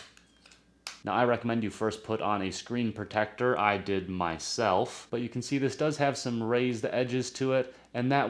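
The hinged plastic kickstand leg of a Grifobes Spiderman shockproof case for an iPad Mini 6 is folded out of its locked position, with faint ticks at 0.2 s and 0.5 s before a sharp click at 0.9 s as it unlatches. Someone then talks for the rest of the clip.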